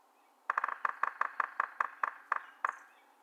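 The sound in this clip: Yellow-bellied Sapsucker drumming, a quick cluster of taps followed by slower, unevenly spaced knocks, stopping after about two seconds; a faint high note near the end.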